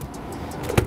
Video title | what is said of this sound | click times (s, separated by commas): DIY: BMW OEM ALCANTARA AND CARBON FIBER ARMREST in my F80 M3! (Also fits the F30 and more!) | and i like to release the tension that's why i'm pushing it in and then that's going to snap into place like that | 0.8 s